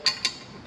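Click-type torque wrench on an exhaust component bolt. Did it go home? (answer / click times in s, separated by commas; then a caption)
yes / 0.2 s. A click-type torque wrench set to 18 ft-lbs, fitted with an extension, tightens a bolt on an exhaust component of an L5P Duramax diesel. A bright metallic tick at about 0.1 s is followed by the wrench's sharp release click at 0.3 s, and a fainter tick comes near 0.7 s. The bolt reaches its 18 ft-lbs setting.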